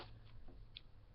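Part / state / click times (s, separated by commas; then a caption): plastic panel on a transforming robot toy / not seated / none. A plastic panel on a Voyager Class Beast Hunters Ultra Magnus transforming robot toy is handled as it is flipped down during the change to vehicle mode. Faint handling noises are heard, with a brief sharp tick at 0.8 s. Nothing has seated or clicked into place yet.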